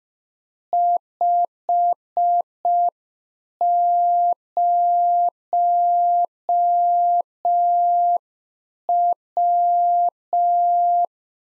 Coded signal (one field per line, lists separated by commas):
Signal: Morse code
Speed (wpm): 5 wpm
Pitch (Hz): 700 Hz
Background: none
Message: 50W